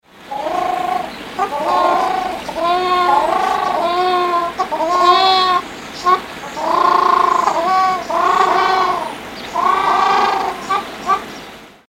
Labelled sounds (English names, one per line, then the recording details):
Ruddy Shelduck
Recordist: Tembrock, Günter
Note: Rufe eines Paares, Langlaute